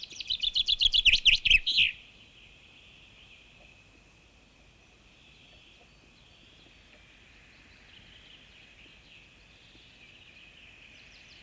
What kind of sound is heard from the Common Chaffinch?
song